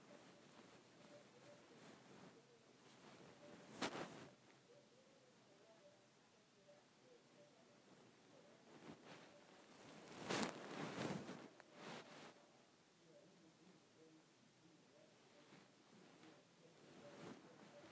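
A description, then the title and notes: Scratching a head produces a soft, rustling hiss made of quick, dense scrapes that rise and fall in bursts. The strongest strokes come near four seconds and around ten to eleven seconds, with quieter scratching in between and a faint steady tone underneath. ASMR Scratching my Head.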